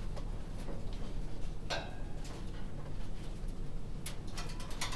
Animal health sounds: poultry house recording; no chicken sound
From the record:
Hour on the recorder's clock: 20

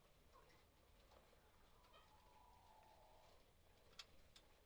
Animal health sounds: poultry house recording; sick chickens (respiratory disease)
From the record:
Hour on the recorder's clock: 7

